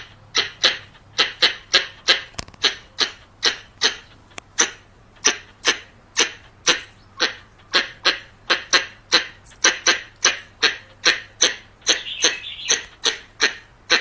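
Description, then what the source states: Variable squirrel calling with a long steady series of hoarse, clicking chucks, roughly two per second, and a short whiny squeal near the end. Calling, in Thailand.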